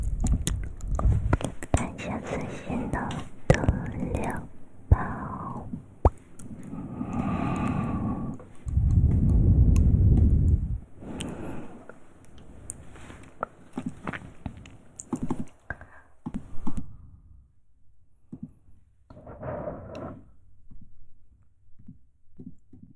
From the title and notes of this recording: ASMR Christmas Special Edition, Mouth Sounds.